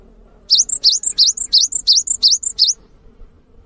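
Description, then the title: Cinereous tit singing a fast series of about seven high, clipped two-note whistles that dip and rise, evenly spaced, then stopping. Actively singing bird giving its long 'wucit' song style, said to draw other birds of its kind into singing along. "GELATIK BATU GACOR WUCIT PANJANGNYA BIKIN GELATIK LAIN JADI TERPANCING UNTUK IKUT BUNYI"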